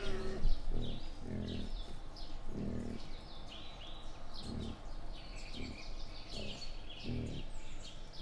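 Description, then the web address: Wild boar grunting in low, short bursts at irregular intervals, with scattered bird chirps and twitters above. Captive wild boar, recorded at a zoo in Jászberény in 2015. "jaszberenyizoo. vaddiszno visitasis"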